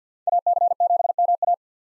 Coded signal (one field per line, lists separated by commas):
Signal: Morse code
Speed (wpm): 50 wpm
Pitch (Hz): 700 Hz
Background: none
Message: AC7MA